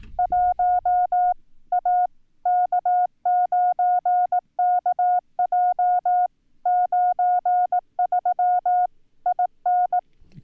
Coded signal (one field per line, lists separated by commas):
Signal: Morse code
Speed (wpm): 18 wpm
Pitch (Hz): 720 Hz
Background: none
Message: 1 A K9KJ 93 IN